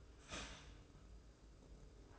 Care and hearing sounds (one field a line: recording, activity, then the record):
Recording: daily activity, microphone in the room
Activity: start toaster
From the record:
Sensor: 2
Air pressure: 995.1 hPa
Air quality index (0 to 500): 56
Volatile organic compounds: 1 ppm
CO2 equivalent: 912 ppm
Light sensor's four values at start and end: 16/53/21/20 and 16/53/21/20